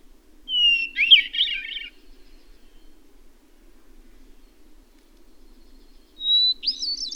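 Bird song: a steady whistled note slides into a quick, jumbled twittering warble, then a second high whistle with a rising flourish begins near the end, over a faint low hum.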